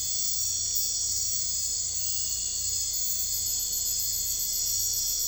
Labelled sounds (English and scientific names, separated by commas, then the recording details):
none
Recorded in secondary vegetation near Puerto Asís, Putumayo, Colombia, on 21 December 2024 at 01:30
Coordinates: 0.498, -76.327
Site GP07